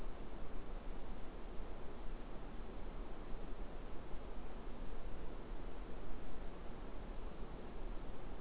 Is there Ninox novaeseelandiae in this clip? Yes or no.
no